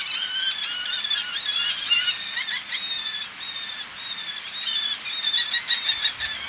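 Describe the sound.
Eleonora's falcon calls: overlapping harsh, nasal squeals from more than one bird, irregular and continuous, with some louder bursts.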